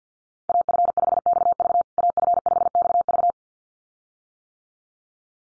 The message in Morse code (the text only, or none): AF5XV AF5XV